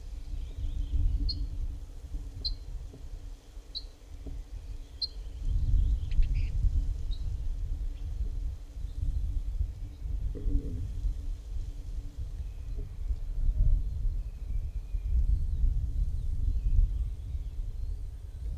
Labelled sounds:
Ortolan Bunting (Emberiza hortulana)
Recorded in the wild
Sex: male
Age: adult
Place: Hamminkeln, OT Brünen, Nordrhein-Westfalen, DE
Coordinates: 51.7256, 6.68
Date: 1970-05-10
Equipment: Uher 4000 Report-S, Bändchenmikro Beyer M 260, Parabolspiegel Polyester (470 mm)
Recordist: Conrads, Klaus
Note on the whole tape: Männchen (Brünen 3): (aggressive) Rufe, Gesang: zweiphrasige bis dreiphrasige Typen ("zui-zui-zui")

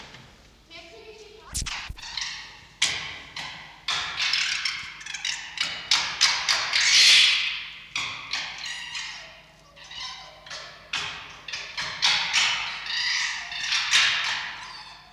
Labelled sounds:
Red Fox (Vulpes vulpes)
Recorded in captivity
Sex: female
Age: adult
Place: Zoologisches Institut der HUB, Berlin, DE
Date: 1953-04-27 10:30
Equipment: Elmetra
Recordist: Tembrock, Günter

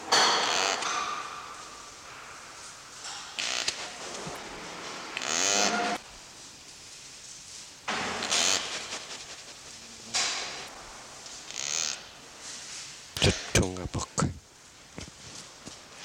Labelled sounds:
Sitatunga (Tragelaphus spekii)
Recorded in captivity
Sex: male
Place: Zoo Berlin, Berlin, DE
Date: 1987-02-06 09:50
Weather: cloudy, windy 3°
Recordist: Tembrock, Günter

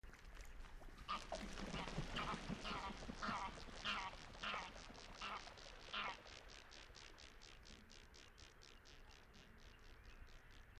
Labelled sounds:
Greylag Goose (Anser anser)
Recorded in the wild
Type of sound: call, sound during take-off, wing flapping
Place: Kützerhof, Kummerower See, Mecklenburg-Vorpommern, DE
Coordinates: 53.8411, 12.8536
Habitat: wetland
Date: 2009-05-04 22:16
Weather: fair, 6°C, almost no wind
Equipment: Sound Devices 702, Sennheiser MKH 70, Rycote Windschutz
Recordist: Frommolt, Karl-Heinz
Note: Rufe eines Trupps beim Auffliegen

